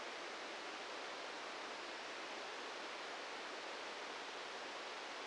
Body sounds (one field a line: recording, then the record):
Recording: brain microelectrode recording played as sound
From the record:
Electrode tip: outside the subthalamic nucleus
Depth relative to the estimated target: 2 mm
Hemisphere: left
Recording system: NeuroSet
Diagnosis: Parkinson's disease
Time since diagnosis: 13 years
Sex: male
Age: 66 years